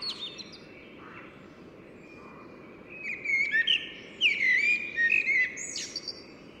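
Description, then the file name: Common blackbird song starting softly, then a louder run of fluted warbles and sharp squeaky notes over the second half, with faint background noise throughout. "Turdus merula"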